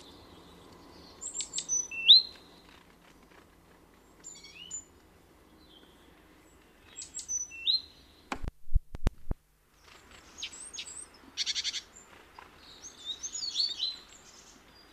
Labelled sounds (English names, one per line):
Great Tit call